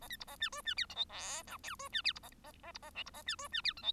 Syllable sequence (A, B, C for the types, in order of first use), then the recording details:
A B C A D E D F G H I J K E D F C A A A C A L C A D E D F G H. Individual Bird1